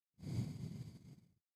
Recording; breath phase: one breath near a microphone; exhalation